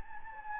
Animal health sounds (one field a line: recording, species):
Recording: mosquito wingbeat signal from an infrared sensor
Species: Anopheles gambiae